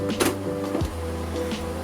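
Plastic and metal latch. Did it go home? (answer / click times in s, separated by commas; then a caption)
released / 0.2 s. With the screw removed, the handle on the side panel of an Alienware Aurora R6 (2017 Edition) desktop computer case is pulled, and the plastic/metal side cover pops out of the case. A sharp latch click sounds at 0.2 s over steady background music. The side panel is released.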